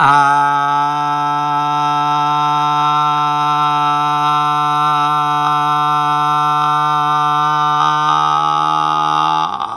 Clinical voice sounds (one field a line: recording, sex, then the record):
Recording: sustained vowel /a/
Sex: male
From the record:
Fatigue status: no fatigue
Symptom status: asymptomatic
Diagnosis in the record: COVID-19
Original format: m4a